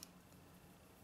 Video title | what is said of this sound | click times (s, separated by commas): Microtech Siphon II 401 SS BB | and it's got a nice solid feel to it the mechanism it locks in place very nicely | 0.0 s